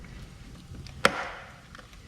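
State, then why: Seated. On a Chevy Sonic, the rear engine breather tube's plastic snap clip is lowered onto the valve cover and pushed in. After a quiet stretch with faint ticks, a single sharp, loud click lands at 1.1 s, and a brief ring fades out. The clip is seated.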